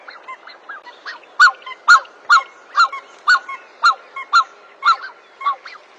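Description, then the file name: Black-necked swan calls: a steady series of clear honks about twice a second, after a few softer notes at the start. "Canto do cisne de pescoco preto"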